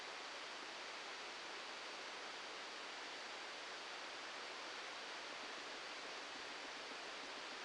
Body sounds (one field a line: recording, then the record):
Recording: brain microelectrode recording played as sound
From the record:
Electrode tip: outside the subthalamic nucleus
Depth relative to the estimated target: 1 mm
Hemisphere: left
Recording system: NeuroSet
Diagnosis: Parkinson's disease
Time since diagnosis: 7 years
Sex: male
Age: 44 years